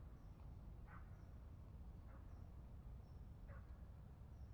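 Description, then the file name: Dog barking: three single barks roughly a second apart, heard over a constant low rumble, with faint high bird peeps. General outdoor atmosphere in a polder with a barking dog. "Algemene sfeer in een polder met een blaffende hond - Beeld en Geluid"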